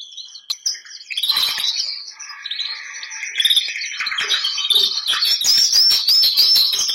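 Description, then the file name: Canary singing a dense, buzzy trilled song with rapid repeated notes building into a loud rattling finish. Bernois breed canary, singing. "canto do canario bernois"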